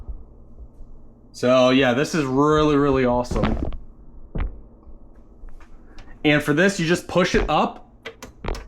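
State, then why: Seated. Someone talks, then pushes the flip-down screen of a SYLVOX 15.6-inch under-cabinet kitchen TV up into its folded position, with a few light knocks along the way. Its plastic hinge latch clicks sharply at 8.5 s, and the screen locks in place in its under-cabinet mount.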